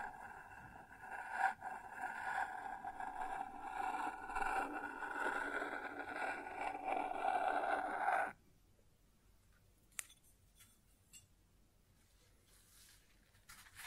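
Sounds on a wooden surface: a dense, steady grinding rumble with a humming midrange tone runs for about eight seconds, then cuts off abruptly. Near-silence follows, broken by one sharp tap around ten seconds and a few faint ticks.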